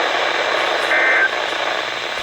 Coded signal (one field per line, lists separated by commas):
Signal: Emergency Alert System (SAME) tones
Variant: end-of-message bursts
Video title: STREAMING SERVICES... EAS Alerts from 9/8/21 (EAS #6,294 - 6,315)